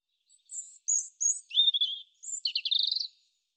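European robin singing thin, very high drawn notes that drop into a sweet warble and end in a fast rippling trill.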